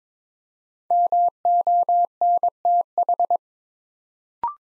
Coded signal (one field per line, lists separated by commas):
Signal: Morse code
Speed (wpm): 22 wpm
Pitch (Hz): 700 Hz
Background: none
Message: MONTH